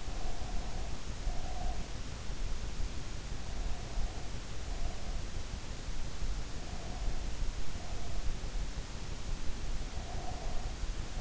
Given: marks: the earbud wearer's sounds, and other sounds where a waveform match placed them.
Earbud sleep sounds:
sounds in sleep by an in-ear microphone; breath
0.00-2.04 s: breath
9.75-11.21 s: breath

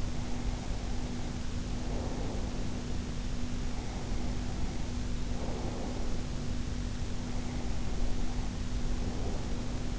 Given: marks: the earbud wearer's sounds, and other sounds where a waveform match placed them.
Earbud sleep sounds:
sounds in sleep by an in-ear microphone; breath
0.00-3.17 s: breath
3.59-6.62 s: breath
7.17-9.91 s: breath

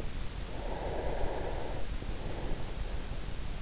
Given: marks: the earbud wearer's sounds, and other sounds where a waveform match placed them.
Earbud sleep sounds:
sounds in sleep by an in-ear microphone; breath
0.34-3.20 s: breath

